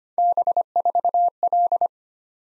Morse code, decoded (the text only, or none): B4L